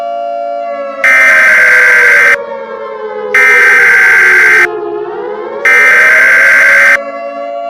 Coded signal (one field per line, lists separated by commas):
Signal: Emergency Alert System (SAME) tones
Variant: header bursts